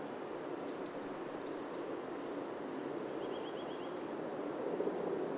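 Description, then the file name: Eurasian blue tit gives a high thin whistle, two sliding notes and a fast trill of several notes; a fainter, lower trill follows. "Cyanistes caeruleus"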